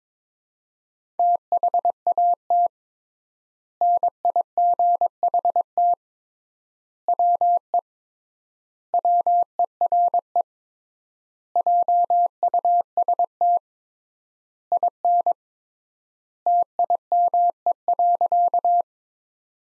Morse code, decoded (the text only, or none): THAT NIGHT WE WERE JUST IN TIME.